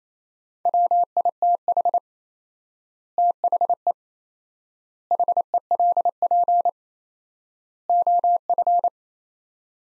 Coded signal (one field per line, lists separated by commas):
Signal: Morse code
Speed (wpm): 27 wpm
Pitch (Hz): 700 Hz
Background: none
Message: WITH THE HELP OF